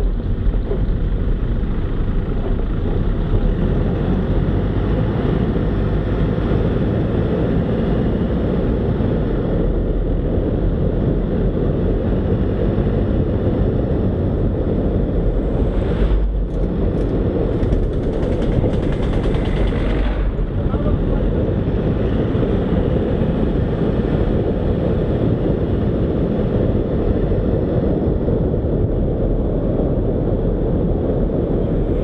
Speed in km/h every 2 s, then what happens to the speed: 9, 14, 21, 26, 26, 27, 29, 29, 27, 25, 28, 33, 37, 38, 38, 37.
0-6 speeds up to 26. 6-18 steady at about 27. 18-25 speeds up to 38. 25-32 steady at about 38.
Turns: none.